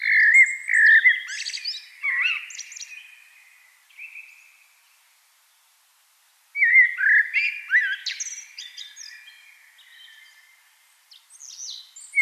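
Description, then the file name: Eurasian blackbird song: a loud low fluting phrase ending in a scratchy high twitter, a long pause, then another mellow phrase with squeaky high notes. "Turdus merula"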